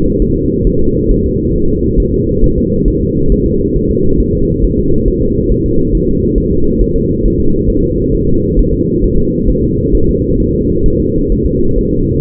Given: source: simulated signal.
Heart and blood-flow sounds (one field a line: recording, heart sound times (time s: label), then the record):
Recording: fetal heart sounds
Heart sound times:
0.22 s: S1
0.36 s: S2
0.67 s: S1
0.81 s: S2
1.12 s: S1
1.26 s: S2
1.56 s: S1
1.70 s: S2
2.00 s: S1
2.14 s: S2
2.44 s: S1
2.58 s: S2
2.88 s: S1
3.02 s: S2
3.32 s: S1
3.46 s: S2
3.76 s: S1
3.91 s: S2
4.21 s: S1
4.35 s: S2
4.65 s: S1
4.79 s: S2
5.08 s: S1
5.23 s: S2
5.52 s: S1
5.66 s: S2
5.95 s: S1
6.09 s: S2
6.38 s: S1
6.52 s: S2
6.82 s: S1
6.96 s: S2
7.25 s: S1
7.40 s: S2
7.70 s: S1
7.84 s: S2
8.14 s: S1
8.29 s: S2
8.59 s: S1
8.73 s: S2
9.04 s: S1
9.19 s: S2
9.49 s: S1
9.64 s: S2
9.95 s: S1
10.09 s: S2
10.40 s: S1
10.55 s: S2
10.86 s: S1
11.00 s: S2
11.32 s: S1
11.46 s: S2
11.79 s: S1
11.93 s: S2
From the record:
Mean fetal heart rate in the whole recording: 135 bpm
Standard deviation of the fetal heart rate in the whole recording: 3 bpm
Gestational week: 36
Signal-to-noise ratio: -16.4 dB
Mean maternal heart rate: 72 bpm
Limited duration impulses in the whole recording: present